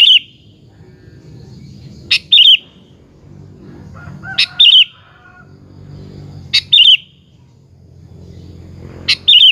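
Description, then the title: Sooty-headed bulbul song of crisp, bubbly chirped phrases, each preceded by a sharp note, repeated several times about every two seconds. "Kutilang"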